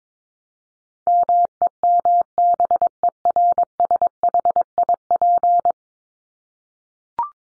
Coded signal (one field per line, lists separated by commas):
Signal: Morse code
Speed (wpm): 22 wpm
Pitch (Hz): 700 Hz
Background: none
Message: MEMBERSHIP